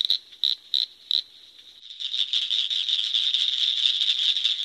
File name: Acris crepitans - Northern Cricket Frog